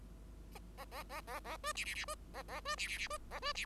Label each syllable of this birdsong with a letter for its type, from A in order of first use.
A A A A A B C C C B A A B C C C B A B C